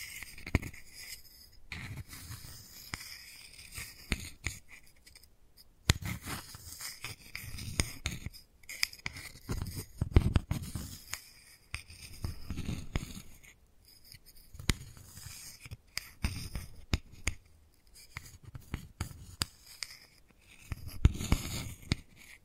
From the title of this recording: Wooden Ball Triggers